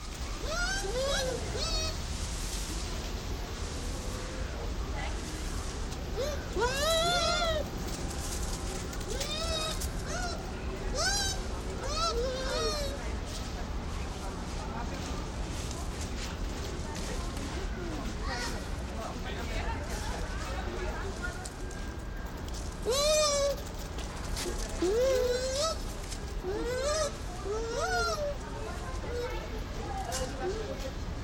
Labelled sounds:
Bush Dog
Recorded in captivity
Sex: pair
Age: adult
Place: Zoo Berlin, Berlin, DE
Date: 1992-11-07 12:20
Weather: bedeckt, 14°C
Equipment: Marantz CP 430, Sennheiser ME 80, Kopie Tesla B 116
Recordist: Tembrock, Günter

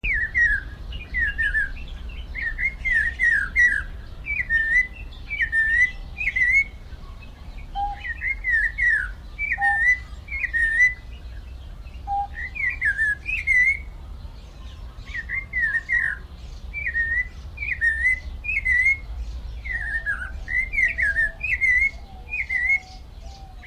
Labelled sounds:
Snowy-crowned Robin-Chat song
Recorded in captivity
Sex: male
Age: adult
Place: Zoo Berlin, Berlin, DE
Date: 1994-05-07 11:56
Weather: heiter, 12-18°C
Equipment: Marantz CP 430, Sennheiser ME 80, Kopie Uher Variocord 263
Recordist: Tembrock, Günter

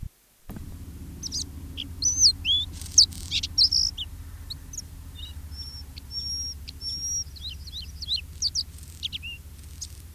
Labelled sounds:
Bluethroat
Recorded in the wild
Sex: male
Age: diverse
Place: Baiersdorf, Bayern, DE
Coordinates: 49.6647, 11.0231
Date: 1967-06-29
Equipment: Vollspur
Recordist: Tretzel, Erwin
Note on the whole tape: Baiersdorf (Sandgrube) - inzwischen "Baiersdorfer Weiher" oder Angersee: Blaukehlchen: Gesang mit Imitationen: wäd-wäd (Dorngrasmücke), leise Tauchertriller, 1 x Kiebitz, Standortlaute der Jungen und Bettellaute "psirr", kurz Schwalbenzwitschern, Goldammer-Einleitung, pink in der Strophe, kurz vor Ende wird Zeisig imitiert

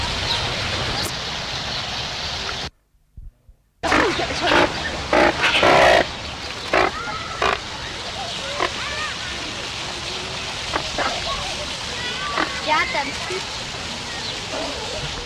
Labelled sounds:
Australian Pelican call
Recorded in captivity
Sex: male
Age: adult
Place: Zoo Berlin, Berlin, DE
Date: 1990-04-26 15:16
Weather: fair, few clouds, 14°C
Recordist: Tembrock, Günter

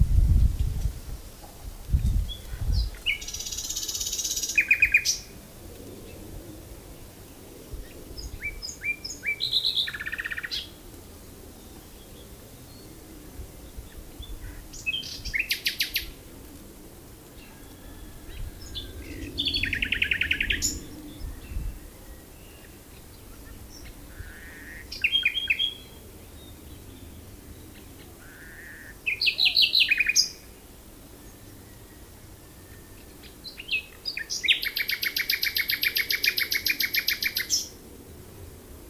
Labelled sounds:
Common Nightingale song
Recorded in the wild
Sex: male
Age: adult
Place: Lübars (Fließtal), Berlin, DE
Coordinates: 52.6167, 13.35
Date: 2000-05-06 11:43
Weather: sunny, ca. 20 - 22°C
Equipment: Nagra SN, Kopie Uher 4000 Report Monitor
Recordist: Tembrock, Günter

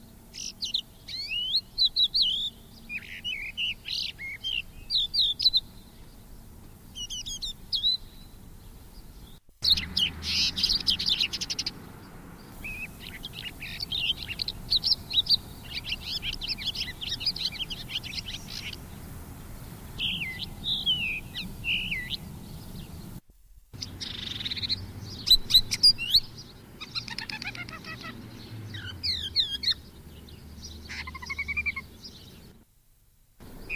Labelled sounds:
Crested Lark song
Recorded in the wild
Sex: male
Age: adult
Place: Erlangen, Bayern, DE
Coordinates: 49.5814, 11.0103
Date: 1963-06-01
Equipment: Überspiel, Halbspur, NAB (Norm)
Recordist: Tretzel, Erwin
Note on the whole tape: Erlangen - Süd. Haubenlerche: diverse Gesangsausschnitte. Juni 1963

